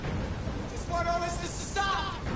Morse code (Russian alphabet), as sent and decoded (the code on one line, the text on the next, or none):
none